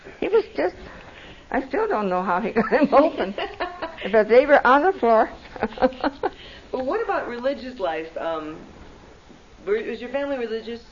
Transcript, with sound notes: He was just - I still don't know how he got them open. But they were on the floor (laughs)
What about religious life? Um, were - was your family religious?